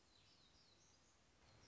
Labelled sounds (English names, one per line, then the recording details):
Black-throated Gray Warbler
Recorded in Sonoma County, California